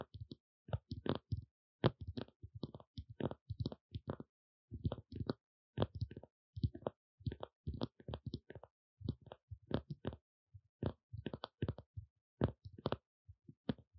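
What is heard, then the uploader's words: Rapid, irregular tapping fills the whole clip, sharp knocks clustered in quick bursts with brief silent gaps between, dull and fairly low. Tapping.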